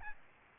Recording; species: mosquito wingbeat signal from an infrared sensor; Aedes albopictus